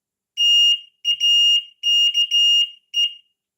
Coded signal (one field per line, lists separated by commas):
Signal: Morse code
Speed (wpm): 14 wpm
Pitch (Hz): 2850 Hz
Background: none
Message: TAKE